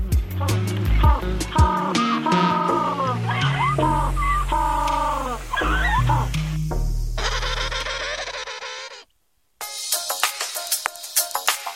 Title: Pinguino Emperador